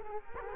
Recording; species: mosquito wingbeat signal from an infrared sensor; Culex quinquefasciatus